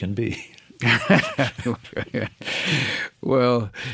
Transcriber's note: laughter